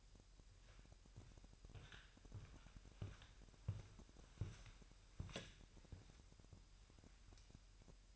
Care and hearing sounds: daily activity, microphone in the room; walk to room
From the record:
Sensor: 2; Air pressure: 1001.9 hPa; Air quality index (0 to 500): 249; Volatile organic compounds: 35 ppm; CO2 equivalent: 3061 ppm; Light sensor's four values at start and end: 6/15/6/6 and 6/14/6/6

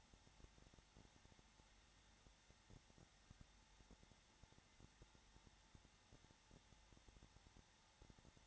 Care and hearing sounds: daily activity, microphone in the room; no activity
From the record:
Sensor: 3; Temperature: 21.3 degrees Celsius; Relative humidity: 33.3%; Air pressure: 994.5 hPa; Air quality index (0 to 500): 167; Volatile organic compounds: 3 ppm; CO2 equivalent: 1455 ppm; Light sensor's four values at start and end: 2/3/2/2 and 2/3/2/2

